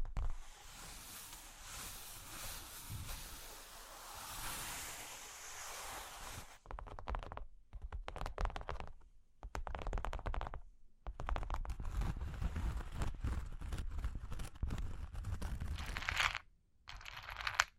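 Cork and wood are scratched and traced for the first six seconds, a steady dense rasp with brighter swells near four seconds. After that the rubbing turns choppy, short bursts of scraping broken by abrupt silences around seven, nine, eleven and sixteen seconds.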